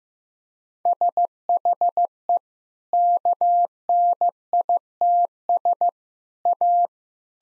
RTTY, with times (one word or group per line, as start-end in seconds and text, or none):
none